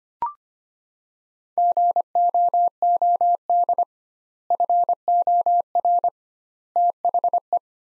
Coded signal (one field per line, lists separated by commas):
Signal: Morse code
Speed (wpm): 25 wpm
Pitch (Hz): 700 Hz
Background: none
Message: GOOD FOR THE